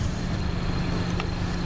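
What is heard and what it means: Someone presses the back of the spring-loaded fuel filler door on a 2016 Buick Cascada, and it pops open with a single short click at 1.2 s over a steady low hum. The door is released and opens.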